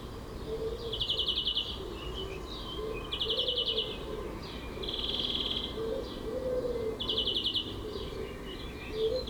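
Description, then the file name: European greenfinch song of quick trilled phrases repeated roughly every two seconds, one more drawn-out and buzzy, with low warbling notes underneath. "Chloris chloris"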